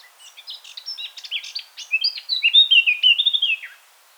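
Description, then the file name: Eurasian blackcap song: a soft scratchy chatter that swells into loud, clear fluted whistles, ending on a falling note. "Sylvia atricapilla"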